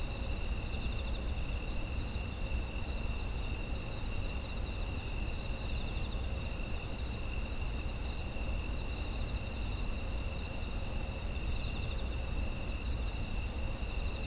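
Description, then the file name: Insects in a steady chorus of several continuous high trills at different pitches, over a constant low rumble. Autumn insect ambience. "秋の虫の環境音"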